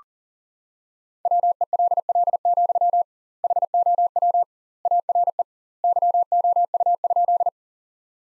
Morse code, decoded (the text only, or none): WELL, HOW ARE YOU?